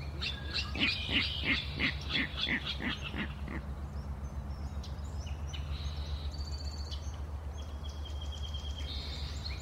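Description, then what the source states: Virginia Rail giving a rapid series of sharp, clicking kadik notes for about three seconds; other birds whistle and a steady low hum runs underneath. Kadik calls greeting the morning around 7:30, in a marsh.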